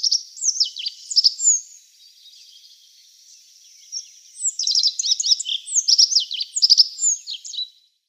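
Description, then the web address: Rock bunting singing high, rapid, scratchy twittering phrases, one early and a longer one later, with a quiet pause between. "Schulze Peter Rock Bunting song"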